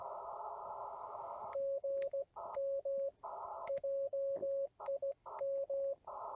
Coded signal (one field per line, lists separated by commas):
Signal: Morse code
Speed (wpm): 16 wpm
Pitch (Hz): 550 Hz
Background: radio noise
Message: GM JIM